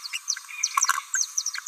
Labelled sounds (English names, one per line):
Green-rumped Parrotlet babbling